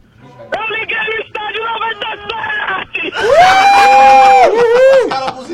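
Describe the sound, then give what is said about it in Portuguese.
A man talks animatedly for a few seconds, then lets out a loud, sustained, high-pitched shout that holds steady for about a second before breaking into shorter yelled bursts. “Põe a cabeça pra fora e dá um grito aí.”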